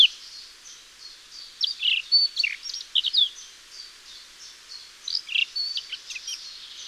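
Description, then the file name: Eurasian blackcap giving a warbling run of varied chirps and whistles, with a steady airy hiss behind. "Sylvia atricapilla"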